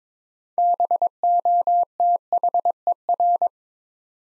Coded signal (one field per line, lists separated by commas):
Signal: Morse code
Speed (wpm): 22 wpm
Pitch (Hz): 700 Hz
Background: none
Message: BOTHER